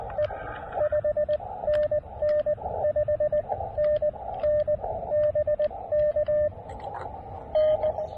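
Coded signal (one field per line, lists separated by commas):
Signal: Morse code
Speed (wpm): 19 wpm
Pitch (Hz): 590 Hz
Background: radio noise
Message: E 5NN 5NN BK N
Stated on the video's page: QRP portable activation of a state park, short and quick, in the evening.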